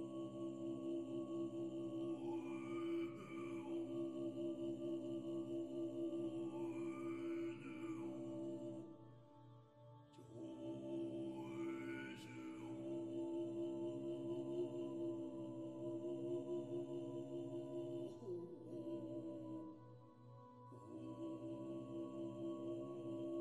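Buddhist chanting holds a steady, low droning tone with rising and falling vowel sweeps every few seconds, pausing briefly near 10 and 20 seconds.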